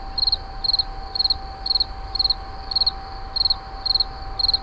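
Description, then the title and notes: Insect producing high pulsed chirps at a regular pace of about two per second, a faint steady hum beneath. Recorded in 2011 near a wastewater treatment plant at Moulins-sur-Allier. "Insect near WWTP. 2011, Moulins sur allier"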